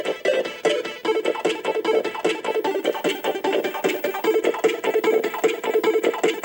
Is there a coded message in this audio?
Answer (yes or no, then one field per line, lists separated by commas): no